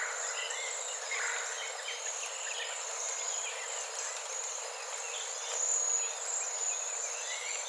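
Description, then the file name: Cedar waxwing calls, a continuous high, thin sibilant chorus of overlapping notes, with a clearer lisping whistle near the end. Recorded 13 April 2018. "2018-04-13 CEWA"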